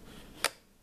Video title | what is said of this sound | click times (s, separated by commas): Laundry pod Storage Which is more Sustainable ? | you can hear it clicks which is quite clever and that opens up so | 0.4 s